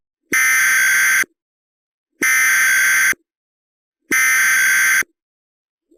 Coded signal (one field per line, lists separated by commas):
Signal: Emergency Alert System (SAME) tones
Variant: header bursts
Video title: Just your Average RMT EAS Mock